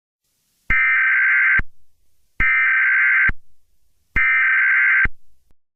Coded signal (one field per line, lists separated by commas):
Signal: Emergency Alert System (SAME) tones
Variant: header bursts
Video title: EAS Scenario - CaseOh's Rampage (Part 5) (Season 2 Episode 2